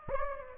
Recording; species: mosquito wingbeat signal from an infrared sensor; Anopheles gambiae